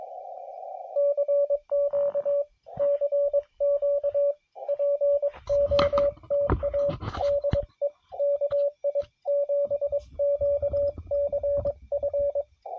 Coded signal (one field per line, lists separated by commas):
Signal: Morse code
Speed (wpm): 22 wpm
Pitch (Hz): 570 Hz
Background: radio noise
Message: CQ CQ POTA DE KI7QCF